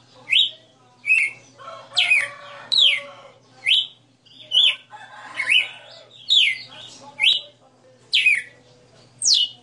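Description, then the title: Red-cowled cardinal song mixing clear falling whistles with lower, fuller warbled notes, phrases coming about once a second above a soft steady hum. Female red-cowled cardinal singing live; song style called 60 notas (sixty notes). "Canto Galo Campina Fêmea 02. Galo de Campina 60 NOTAS Cantando Ao vivo"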